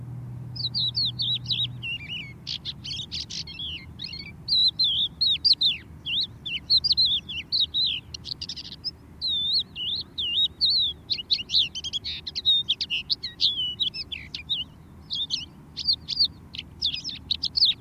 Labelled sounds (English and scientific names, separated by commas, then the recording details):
Crested Lark (Galerida cristata) song
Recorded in the wild
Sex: male
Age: adult
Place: Erlangen, OT Schallershof, Bayern, DE
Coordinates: 49.5869, 10.9783
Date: 1967-04-13
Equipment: Vollspur, Original
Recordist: Tretzel, Erwin